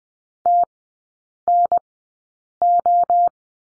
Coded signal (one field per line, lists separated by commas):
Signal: Morse code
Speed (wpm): 20 wpm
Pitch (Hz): 700 Hz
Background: none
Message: TNO